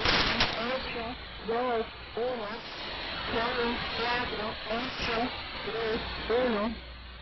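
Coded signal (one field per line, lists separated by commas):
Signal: numbers station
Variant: HM01, Spanish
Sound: short, evenly spaced spoken words, likely numbers, in a voice through radio hiss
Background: radio static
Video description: A broadcast of the Cuban Numbers Station HM01 on 05/21/2017 ~04:00 UTC on 10860 kHz.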